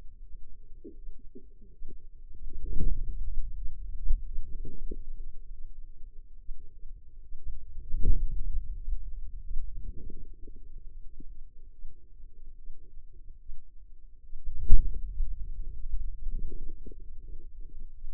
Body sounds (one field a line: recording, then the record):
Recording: forearm muscle sounds (acoustic myography)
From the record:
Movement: hand closing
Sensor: system 2, bracelet of six BSWA MPA416 microphones around the upper forearm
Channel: 2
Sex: female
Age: 25 years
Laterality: right